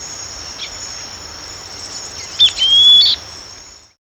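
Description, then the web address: Southern beardless tyrannulet giving a single high, thin whistle that holds fairly level before lifting slightly, preceded by a brief note, over a steady high hiss. Recorded in Ecuador. "Birds of Ecuador 2. Southern Beardless Tyrannulet"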